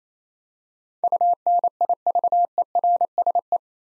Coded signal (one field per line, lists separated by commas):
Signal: Morse code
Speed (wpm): 28 wpm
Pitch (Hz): 700 Hz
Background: none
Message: UNIVERSE